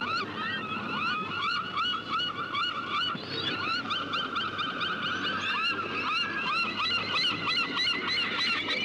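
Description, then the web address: Gulls calling, many overlapping harsh calls in quick succession, a dense chorus from several birds. "seagulls"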